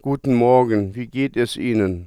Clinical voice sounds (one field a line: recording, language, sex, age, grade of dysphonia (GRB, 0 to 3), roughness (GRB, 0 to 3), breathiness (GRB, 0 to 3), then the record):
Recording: spoken sentence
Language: German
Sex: male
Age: 60 to 69 years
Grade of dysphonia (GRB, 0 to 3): 0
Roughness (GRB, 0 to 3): 0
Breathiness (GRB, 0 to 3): 0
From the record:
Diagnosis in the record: dysodia (singing voice disorder), contact pachydermia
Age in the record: 61 years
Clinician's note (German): Kontaktpachydermie ohne "Kontaktpachydermie"